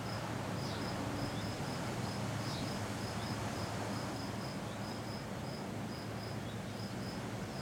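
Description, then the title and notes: Cicada producing a run of short high buzzy pulses, several per second, against heavy continuous wind noise. Single cicada hiding in a garden all week; recorded on a day of constant mistral wind blowing through a pine tree. "Cicadas, pine and wind. Andy Cartwright. Music for Sleep"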